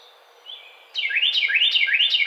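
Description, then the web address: Carolina wren song: after a second of soft whistles, loud rolling phrases burst out, repeated several times in rapid succession. Recorded on 5 May 2009. "Carolina Wren 2009 05 05"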